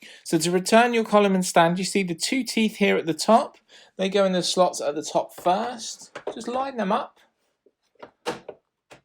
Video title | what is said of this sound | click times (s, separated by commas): Philips 252B9 LCD Monitor with Power Sensor Review | hear a click push down so you hear really good strong click there we go that's in there now | 8.5 s